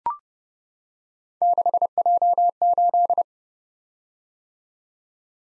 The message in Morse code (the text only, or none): 6J8